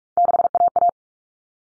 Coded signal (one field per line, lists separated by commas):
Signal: Morse code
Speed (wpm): 44 wpm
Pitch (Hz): 700 Hz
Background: none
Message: 6AA